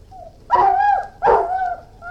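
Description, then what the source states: Irish Wolfhound barking: two loud, harsh barks about three quarters of a second apart, each trailing into a drawn-out tonal whine, with a brief whine at the end. Barking and whining.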